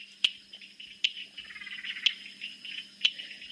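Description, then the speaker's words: Stonemason's toadlet call: sharp, hard clicks like stones knocked together, about once a second, over a steady background chorus of other frogs. Call resembles a hammer striking rock or stones clinked together; northern laughing frogs call in the background. "the little stonemason's toadlet, it's sort of named because it does sound a little bit like someone hitting a hammer onto a rock."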